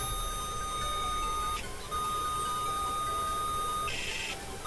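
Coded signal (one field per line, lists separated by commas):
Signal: ZX Spectrum tape loading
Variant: turbo load, TK90X clone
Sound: steady high pilot tone for about four seconds, then a harsher buzzing data burst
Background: background hiss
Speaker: vou agora testar a carga rápida dele, né, o turbo. Como ele gera TZX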